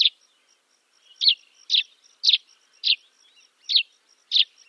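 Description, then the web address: Dead Sea sparrow singing a series of sharp chirps spaced about half a second apart, with a thin steady high tone in the background. "Schulze Peter Dead Sea Sparrow song"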